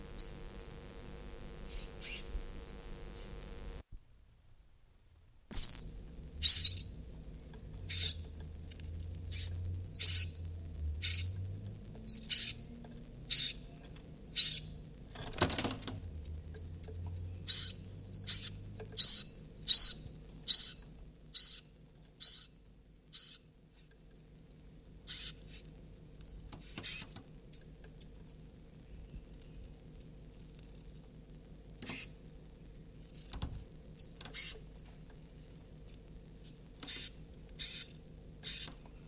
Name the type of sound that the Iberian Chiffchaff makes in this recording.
call